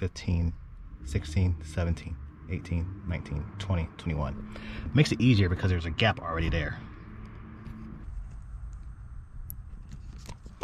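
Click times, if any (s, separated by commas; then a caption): 9.5 s. Someone talks while a brown wire terminal is pushed into pin position 21 of the 24-pin connector housing on a BMW X5 F85/86 hitch control module harness. A soft click at 9.5 s shows the terminal seating in the housing, followed by a few fainter ticks.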